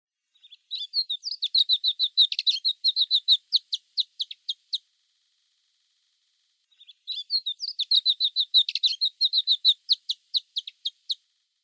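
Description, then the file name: Alpine accentor song: two bursts of rapid, scratchy warbling trills, each four to five seconds long and separated by a short pause, with no other sounds. Recorded on Mount Fuji on 14 June 2017. "iwahibari 170614 fuji takagi"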